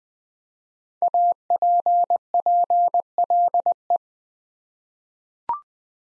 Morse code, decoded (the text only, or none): APPLE